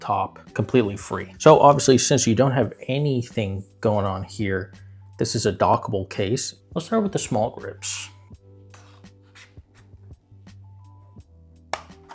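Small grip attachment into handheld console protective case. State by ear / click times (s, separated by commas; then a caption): seated / 11.7 s. A small ergonomic grip attachment for an AIMZENIX silicone grip case on a Nintendo Switch 2 is slid onto the dockable case and clicks into place at 11.7 s. Someone talks over steady background music, and a few faint handling knocks come before the sharp snap.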